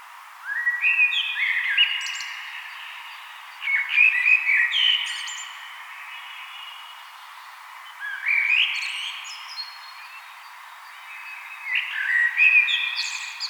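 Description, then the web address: Common blackbird song: four mellow fluting phrases separated by pauses, each followed by high squeaky twittered notes. "vogelstimmen amsel gesang nabu lars lachmann"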